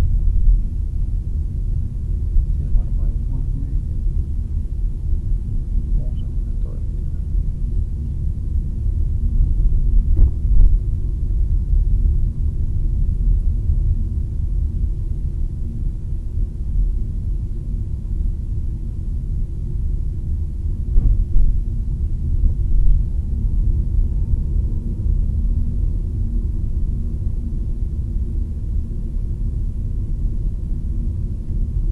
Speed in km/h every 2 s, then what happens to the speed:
25, 24, 24, 25, 25, 24, 25, 26, 26, 25, 25, 29, 31, 31, 29, 29.
0-20 steady at about 25. 20-23 speeds up to 31. 23-32 steady at about 29.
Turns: none.